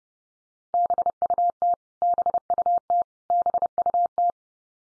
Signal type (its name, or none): Morse code